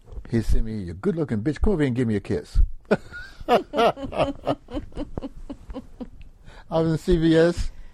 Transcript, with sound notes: he sees me, “You good looking bitch, come over here and give me a kiss.” [Laughter] I was at the CVS